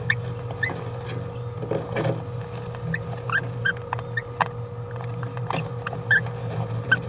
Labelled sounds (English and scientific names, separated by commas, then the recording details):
Green-rumped Parrotlet (Forpus passerinus) babbling
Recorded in a nest box in Venezuela
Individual 18B17A4